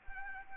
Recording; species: mosquito wingbeat signal from an infrared sensor; Anopheles arabiensis